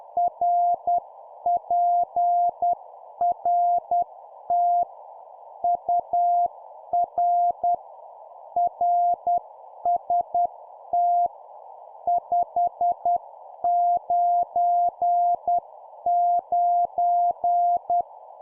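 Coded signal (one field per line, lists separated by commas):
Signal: Morse code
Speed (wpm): 10 wpm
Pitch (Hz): 700 Hz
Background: none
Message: RPRT UR RST 599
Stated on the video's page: 10 wpm CW practice of an example CQ contact for copy-speed training.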